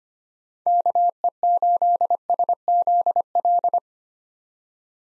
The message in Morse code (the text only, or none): KE8SZL